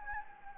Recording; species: mosquito wingbeat signal from an infrared sensor; Anopheles gambiae